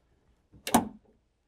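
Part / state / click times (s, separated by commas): locking lever latching a stowed ramp / seated / 0.7 s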